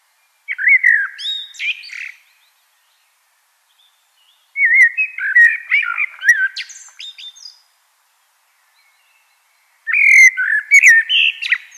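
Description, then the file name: Common blackbird singing three phrases of low, rich whistled notes, each followed by squeaky high-pitched twittering, with a few seconds of quiet between phrases. "Turdus merula"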